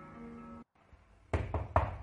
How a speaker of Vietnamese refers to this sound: Tiếng gõ cửa vang lên, khạch một cái, Lạc Nhân mặc cái bộ đồ ngủ màu xanh nhạt mở cửa, nhìn thấy Ngụy Châu cùng với Cảnh Du đang nắm tay đứng ở trước cửa.